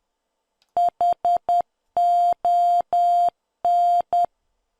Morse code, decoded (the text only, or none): HON